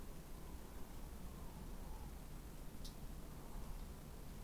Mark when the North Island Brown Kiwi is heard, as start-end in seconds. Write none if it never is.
none